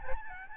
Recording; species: mosquito wingbeat signal from an infrared sensor; Aedes albopictus